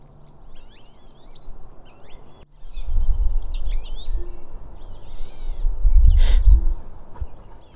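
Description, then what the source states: Gray Catbird calling, a jumble of squeaky, varied high notes and slurs, with heavy low rumbling noise through much. Recognized by its sound, then spotted.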